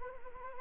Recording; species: mosquito wingbeat signal from an infrared sensor; Anopheles arabiensis